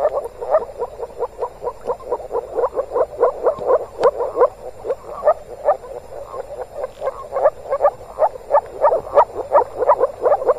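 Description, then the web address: Moor frogs in chorus, soft muffled pulsed croaks overlapping in rapid bursts of about three per second, like bubbling notes from many frogs calling together. Moor frogs calling in spring in the Tävsmoor, Germany. "moorfrosch. rufen jetzt die froesche im taevsmoor"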